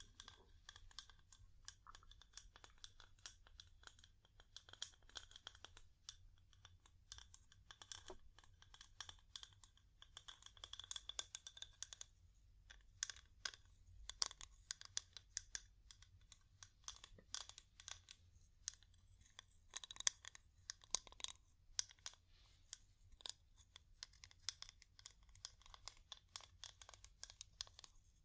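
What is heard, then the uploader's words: Wood tapping in quick, uneven bursts of sharp clicks, dense and irregular throughout, like rapid fingertip taps on a wooden surface. Some taps land harder and brighter, especially around the middle and near twenty seconds. A steady low hum sits underneath the whole time. ASMR Calming Wood Tapping (No Talking).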